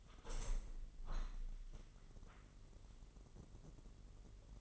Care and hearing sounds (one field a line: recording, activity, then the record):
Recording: daily activity, microphone in the room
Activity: open window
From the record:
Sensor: 4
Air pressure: 999.4 hPa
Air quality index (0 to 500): 126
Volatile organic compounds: 2 ppm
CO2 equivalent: 1244 ppm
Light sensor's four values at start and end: 18/44/18/20 and 18/44/18/20